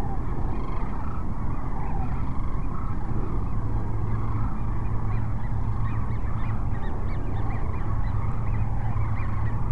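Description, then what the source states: Many sandhill cranes give a continuous chorus of rattling, bugling calls, with denser bursts in the second half, all above a constant deep rumble. Cochise Lakes, 30 January 2019; multiple cranes.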